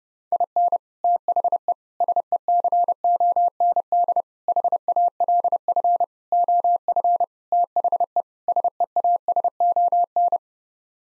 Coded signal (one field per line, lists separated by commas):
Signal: Morse code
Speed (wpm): 32 wpm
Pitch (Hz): 700 Hz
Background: none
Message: IN THE SECOND HALF OF THE SEASON